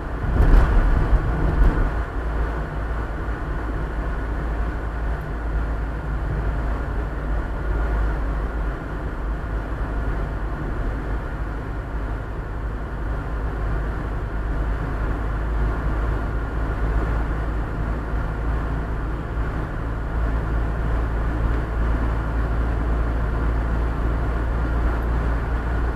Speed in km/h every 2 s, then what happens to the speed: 54, 53, 53, 52, 51, 51, 51, 52, 53, 54, 54, 55, 56.
0-26 steady at about 53.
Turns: none.